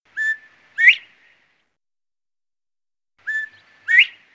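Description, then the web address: Northern bobwhite giving two clear whistled calls, each a steady note followed by a sharply rising whistle, about three seconds apart, against silence. Georgia. "Hunting-in-Georgia Game-Bird-Hunting GA-Quail-Hunting Bobwhite"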